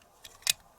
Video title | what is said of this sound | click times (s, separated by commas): Learn how to weave this easy Celtic project using Clover's Wonder Knitter | you can see there are grooves and you just turn it until it snaps in place | 0.5 s